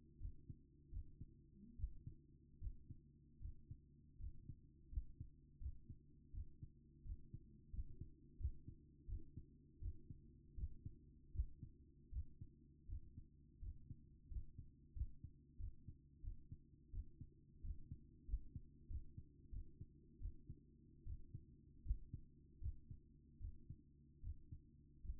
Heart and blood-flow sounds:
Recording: heart sounds by stethoscope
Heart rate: 83 bpm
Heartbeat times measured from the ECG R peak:
0.19 s: heartbeat
0.90 s: heartbeat
1.76 s: heartbeat
2.59 s: heartbeat
3.39 s: heartbeat
4.18 s: heartbeat
4.90 s: heartbeat
5.59 s: heartbeat
6.32 s: heartbeat
7.03 s: heartbeat
7.71 s: heartbeat
8.38 s: heartbeat
9.06 s: heartbeat
9.80 s: heartbeat
10.55 s: heartbeat
11.32 s: heartbeat
12.10 s: heartbeat
12.87 s: heartbeat
13.60 s: heartbeat
14.29 s: heartbeat
14.94 s: heartbeat
15.58 s: heartbeat
16.21 s: heartbeat
16.91 s: heartbeat
17.62 s: heartbeat
18.26 s: heartbeat
18.88 s: heartbeat
19.50 s: heartbeat
20.19 s: heartbeat
21.04 s: heartbeat
21.83 s: heartbeat
22.60 s: heartbeat
23.39 s: heartbeat
24.21 s: heartbeat
25.02 s: heartbeat
From the record:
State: at rest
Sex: female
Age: 27 years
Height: 169 cm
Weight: 63 kg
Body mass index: 22.06

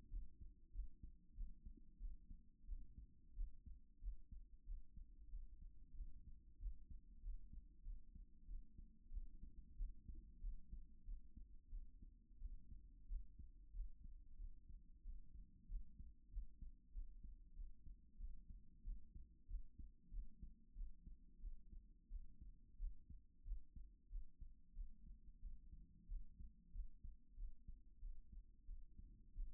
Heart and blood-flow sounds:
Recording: heart sounds by stethoscope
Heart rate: 93 bpm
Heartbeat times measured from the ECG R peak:
0.09 s: heartbeat
0.71 s: heartbeat
1.33 s: heartbeat
1.98 s: heartbeat
2.65 s: heartbeat
3.34 s: heartbeat
3.99 s: heartbeat
4.64 s: heartbeat
5.29 s: heartbeat
5.95 s: heartbeat
6.58 s: heartbeat
7.21 s: heartbeat
7.83 s: heartbeat
8.46 s: heartbeat
9.10 s: heartbeat
9.75 s: heartbeat
10.40 s: heartbeat
11.04 s: heartbeat
11.69 s: heartbeat
12.38 s: heartbeat
13.06 s: heartbeat
13.72 s: heartbeat
14.37 s: heartbeat
15.02 s: heartbeat
15.67 s: heartbeat
16.29 s: heartbeat
16.91 s: heartbeat
17.54 s: heartbeat
18.17 s: heartbeat
18.82 s: heartbeat
19.46 s: heartbeat
20.09 s: heartbeat
20.73 s: heartbeat
21.40 s: heartbeat
22.08 s: heartbeat
22.77 s: heartbeat
23.43 s: heartbeat
24.08 s: heartbeat
24.73 s: heartbeat
25.39 s: heartbeat
26.06 s: heartbeat
26.71 s: heartbeat
27.35 s: heartbeat
27.99 s: heartbeat
28.65 s: heartbeat
29.33 s: heartbeat
From the record:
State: after exercise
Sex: female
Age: 37 years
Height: 160 cm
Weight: 68 kg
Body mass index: 26.56

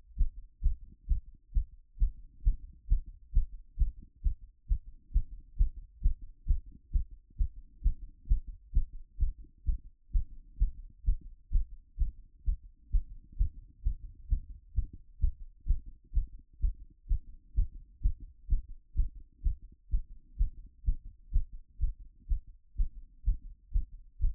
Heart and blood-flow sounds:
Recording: heart sounds by stethoscope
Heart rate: 129 bpm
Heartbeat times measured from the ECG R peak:
0.19 s: heartbeat
0.64 s: heartbeat
1.09 s: heartbeat
1.55 s: heartbeat
2.00 s: heartbeat
2.45 s: heartbeat
2.90 s: heartbeat
3.35 s: heartbeat
3.79 s: heartbeat
4.24 s: heartbeat
4.69 s: heartbeat
5.14 s: heartbeat
5.59 s: heartbeat
6.04 s: heartbeat
6.48 s: heartbeat
6.93 s: heartbeat
7.39 s: heartbeat
7.84 s: heartbeat
8.30 s: heartbeat
8.75 s: heartbeat
9.20 s: heartbeat
9.67 s: heartbeat
10.13 s: heartbeat
10.60 s: heartbeat
11.07 s: heartbeat
11.53 s: heartbeat
11.99 s: heartbeat
12.46 s: heartbeat
12.93 s: heartbeat
13.39 s: heartbeat
13.85 s: heartbeat
14.31 s: heartbeat
14.76 s: heartbeat
15.22 s: heartbeat
15.68 s: heartbeat
16.15 s: heartbeat
16.62 s: heartbeat
17.09 s: heartbeat
17.57 s: heartbeat
18.04 s: heartbeat
18.50 s: heartbeat
18.97 s: heartbeat
19.44 s: heartbeat
19.92 s: heartbeat
20.39 s: heartbeat
20.87 s: heartbeat
21.34 s: heartbeat
21.81 s: heartbeat
22.29 s: heartbeat
22.78 s: heartbeat
23.26 s: heartbeat
23.74 s: heartbeat
24.22 s: heartbeat
From the record:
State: after exercise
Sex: female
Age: 44 years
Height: 167 cm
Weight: 64 kg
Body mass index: 22.95

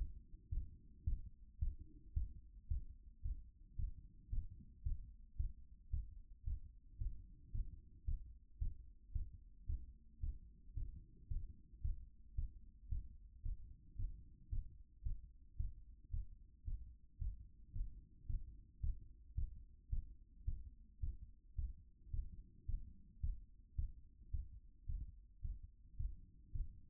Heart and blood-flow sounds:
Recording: heart sounds by stethoscope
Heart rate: 111 bpm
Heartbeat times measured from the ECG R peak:
0.49 s: heartbeat
1.05 s: heartbeat
1.59 s: heartbeat
2.14 s: heartbeat
2.68 s: heartbeat
3.22 s: heartbeat
3.76 s: heartbeat
4.30 s: heartbeat
4.83 s: heartbeat
5.37 s: heartbeat
5.91 s: heartbeat
6.44 s: heartbeat
6.98 s: heartbeat
7.52 s: heartbeat
8.05 s: heartbeat
8.59 s: heartbeat
9.13 s: heartbeat
9.66 s: heartbeat
10.20 s: heartbeat
10.74 s: heartbeat
11.28 s: heartbeat
11.82 s: heartbeat
12.35 s: heartbeat
12.89 s: heartbeat
13.43 s: heartbeat
13.96 s: heartbeat
14.50 s: heartbeat
15.03 s: heartbeat
15.57 s: heartbeat
16.11 s: heartbeat
16.65 s: heartbeat
17.19 s: heartbeat
17.73 s: heartbeat
18.27 s: heartbeat
18.81 s: heartbeat
19.35 s: heartbeat
19.90 s: heartbeat
20.45 s: heartbeat
21.00 s: heartbeat
21.56 s: heartbeat
22.11 s: heartbeat
22.66 s: heartbeat
23.21 s: heartbeat
23.76 s: heartbeat
24.31 s: heartbeat
24.86 s: heartbeat
25.42 s: heartbeat
25.97 s: heartbeat
26.52 s: heartbeat
From the record:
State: after exercise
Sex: male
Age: 53 years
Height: 175 cm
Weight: 88 kg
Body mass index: 28.73

